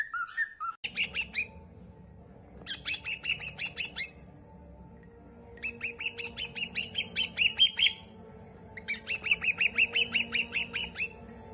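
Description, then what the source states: Cockatiel chatter in four quick bursts of rapid, scratchy notes with short pauses between them, over a low steady hum. Several cockatiels singing, whistling.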